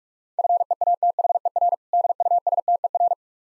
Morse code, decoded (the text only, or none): FEATHER DUSTER